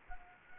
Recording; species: mosquito wingbeat signal from an infrared sensor; Culex quinquefasciatus